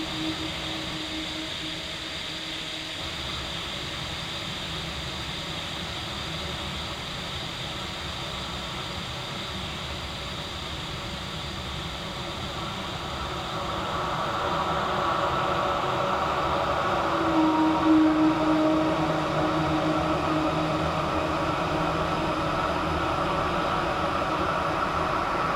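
A cavernous, empty drone: a steady bed of low rumble and airy hiss with faint held tones, like a machine or train humming far off. Around thirteen seconds it swells louder and brighter, and a low tone briefly stands out near eighteen seconds.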